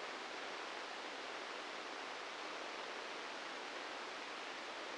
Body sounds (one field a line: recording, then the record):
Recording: brain microelectrode recording played as sound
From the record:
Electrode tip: inside the subthalamic nucleus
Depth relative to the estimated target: -1 mm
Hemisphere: left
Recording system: NeuroSet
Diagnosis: Parkinson's disease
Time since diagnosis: 13 years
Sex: male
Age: 65 years